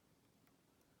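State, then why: Not seated. A pick moves onto and lifts pin two of a pin stack in an American 1100 pin-tumbler padlock. Only quiet, steady low noise is heard, with two faint, brief ticks near 0.5 and 0.8 seconds. Nothing has seated or clicked yet.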